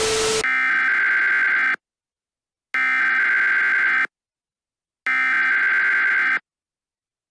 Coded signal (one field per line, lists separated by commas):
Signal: Emergency Alert System (SAME) tones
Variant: header bursts